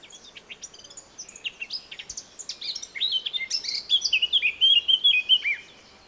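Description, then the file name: Eurasian blackcap singing, starting with quiet scratchy twitters that build into a rich, loud fluting finale of quick whistled notes lasting about two seconds. "Sylvia atricapilla"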